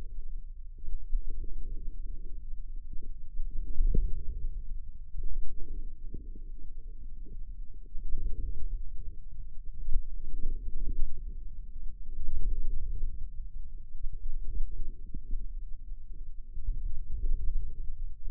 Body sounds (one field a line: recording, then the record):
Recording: forearm muscle sounds (acoustic myography)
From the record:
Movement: wrist extension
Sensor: system 2, bracelet of six BSWA MPA416 microphones around the upper forearm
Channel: 5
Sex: male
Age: 22 years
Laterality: right